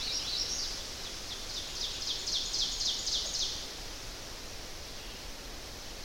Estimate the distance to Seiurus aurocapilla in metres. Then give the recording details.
about 55 m. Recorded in boreal forest in Alberta, Canada, on 10 June 2016 at 07:01. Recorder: SongMeter 3, array SBT-3-39. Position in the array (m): 232 m, 96 m. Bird 17